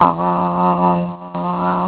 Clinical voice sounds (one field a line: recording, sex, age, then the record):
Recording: sustained vowel /a/ by telephone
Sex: female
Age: 50 to 59 years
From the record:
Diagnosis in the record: healthy control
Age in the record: 57 years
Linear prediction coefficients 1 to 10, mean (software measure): 1.81, -1.03, -0.13, 0.02, 0.37, 0.12, -0.50, 0.20, 0.14, -0.11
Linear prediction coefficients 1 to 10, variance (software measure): 0.026, 0.109, 0.065, 0.048, 0.030, 0.019, 0.057, 0.035, 0.019, 0.007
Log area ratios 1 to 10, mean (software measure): -2.53, 2.32, -1.07, -0.50, -0.06, 0.40, 0.11, -0.39, 0.14, 0.23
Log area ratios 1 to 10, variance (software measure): 0.181, 0.129, 0.207, 0.065, 0.097, 0.035, 0.069, 0.045, 0.033, 0.030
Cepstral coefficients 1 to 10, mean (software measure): 1.81, 0.62, -0.03, -0.39, -0.19, 0.22, 0.11, 0.12, 0.11, -0.04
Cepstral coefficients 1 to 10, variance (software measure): 0.026, 0.018, 0.028, 0.013, 0.006, 0.008, 0.006, 0.002, 0.002, 0.001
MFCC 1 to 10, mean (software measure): -5.15, 1.98, -0.63, -0.79, 0.90, 1.02, -0.35, 0.30, 0.13, 0.19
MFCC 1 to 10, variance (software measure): 1.880, 0.022, 0.136, 0.037, 0.059, 0.067, 0.045, 0.057, 0.033, 0.094